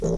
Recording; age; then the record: pig call; piglet (1 to 25 days)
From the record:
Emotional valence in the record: negative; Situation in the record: long isolation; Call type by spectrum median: low-frequency call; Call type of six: low-frequency tonal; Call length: 0.18 s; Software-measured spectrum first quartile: 142 Hz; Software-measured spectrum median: 332 Hz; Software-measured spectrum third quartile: 533 Hz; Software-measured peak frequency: 416 Hz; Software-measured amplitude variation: 85 dB a second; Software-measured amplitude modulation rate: 13.9 a second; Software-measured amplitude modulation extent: 6.1 dB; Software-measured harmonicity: 3.4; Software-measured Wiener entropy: -0.82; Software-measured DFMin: 1407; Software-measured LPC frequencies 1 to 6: 464, 3300, 3884, 5609, 6414, 8756 Hz